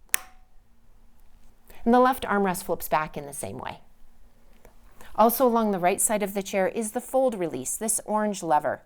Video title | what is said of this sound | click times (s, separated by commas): EASWE E10 Wheelchair Review - Indoor, Outdoor, Grass and Inclines, Car Transfer | And then to move the armrest back into place, simply lower it until it clicks. | 0.1 s